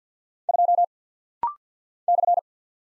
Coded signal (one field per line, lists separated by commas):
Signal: Morse code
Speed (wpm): 48 wpm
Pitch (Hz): 700 Hz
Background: none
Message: 2 /